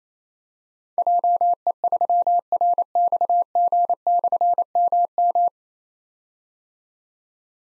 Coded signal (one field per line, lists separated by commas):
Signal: Morse code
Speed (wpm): 27 wpm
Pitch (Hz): 700 Hz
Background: none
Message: JE3RXG/MM